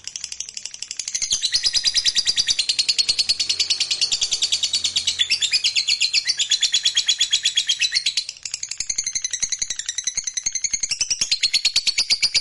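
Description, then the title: Lovebird ngekek, a long, loud rapid trill of shrill high pulses with a brief dip around eight seconds before the chatter continues. Fighter-type lovebird giving a long ngekek trill. "Begitu Dengar Suara Lovebird FIGHTER NGEKEK PANJANG"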